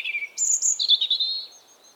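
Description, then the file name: European robin song: a single short phrase of high thin whistles sliding down into a brief trill, then fading. "Erithacus rubecula 240917"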